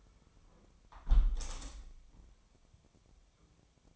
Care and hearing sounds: daily activity, microphone in the room; close window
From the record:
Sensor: 1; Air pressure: 1014.9 hPa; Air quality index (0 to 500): 25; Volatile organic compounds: 0 ppm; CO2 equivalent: 504 ppm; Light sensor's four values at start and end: 11/26/10/11 and 10/25/10/11

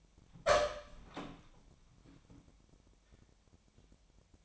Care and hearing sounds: daily activity, microphone in the room; open door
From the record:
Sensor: 1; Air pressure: 1007.4 hPa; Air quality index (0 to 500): 196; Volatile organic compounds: 19 ppm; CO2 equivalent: 2659 ppm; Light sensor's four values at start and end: 13/33/13/15 and 13/34/14/15

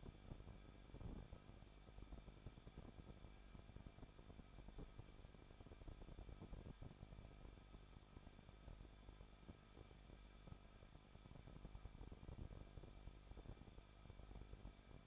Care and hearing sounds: daily activity, microphone in the room; no activity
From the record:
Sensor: 5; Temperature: 20.8 degrees Celsius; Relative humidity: 38.3%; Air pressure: 1006.6 hPa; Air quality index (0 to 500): 185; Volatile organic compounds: 17 ppm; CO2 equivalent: 2583 ppm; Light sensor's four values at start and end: 2/3/1/1 and 2/3/1/1

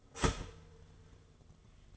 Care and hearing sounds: daily activity, microphone in the room; start toaster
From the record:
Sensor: 4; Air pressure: 1015.5 hPa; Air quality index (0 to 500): 203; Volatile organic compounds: 10 ppm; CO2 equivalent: 2262 ppm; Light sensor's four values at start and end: 4/8/3/2 and 4/8/3/2

